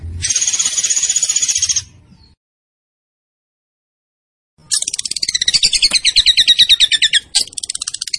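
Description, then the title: Tembakan bird song: a short, dense high burst, a pause, then a longer run of fast twittering notes. Master recording for training cage birds; the bird is described as gacor, singing vigorously. "Masteran Burung Tembakan Gacor"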